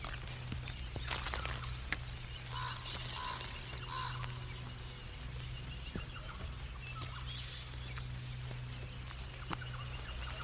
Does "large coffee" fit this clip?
no